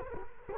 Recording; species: mosquito wingbeat signal from an infrared sensor; Culex quinquefasciatus